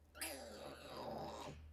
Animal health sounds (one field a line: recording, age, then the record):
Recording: pig call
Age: piglet (1 to 25 days)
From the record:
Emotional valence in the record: negative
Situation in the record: restrain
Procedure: back test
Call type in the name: low-frequency call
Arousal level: medium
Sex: female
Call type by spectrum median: low-frequency call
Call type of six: mixed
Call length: 1.73 s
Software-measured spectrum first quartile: 589 Hz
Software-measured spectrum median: 1907 Hz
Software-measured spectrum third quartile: 6741 Hz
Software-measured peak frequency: 581 Hz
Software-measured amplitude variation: 121 dB a second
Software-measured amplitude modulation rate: 25.5 a second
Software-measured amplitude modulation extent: 4.8 dB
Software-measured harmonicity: 0.6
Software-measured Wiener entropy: -2.85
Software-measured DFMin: 696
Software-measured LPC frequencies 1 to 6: 688, 2674, 3858, 4821, 6171, 7199 Hz